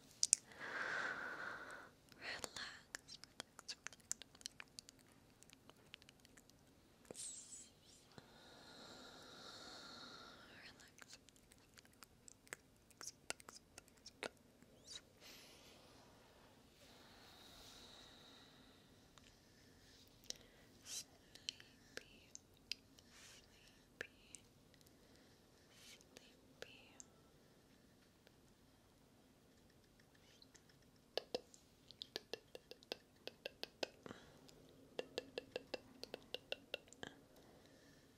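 Soft mouth sounds and tongue clicking, with sharp wet clicks scattered irregularly throughout and dense bursts near the start and around 31–37 seconds. Quiet breathy hiss swells in patches, such as around 1, 10 and 17 seconds, under a faint steady low hum.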